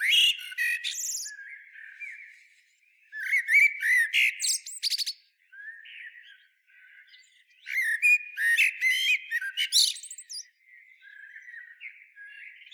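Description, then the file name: Common blackbird song: three loud bursts of low fluty warbling and squeaky high twitters, with quieter warbling between them. "Turdus merula"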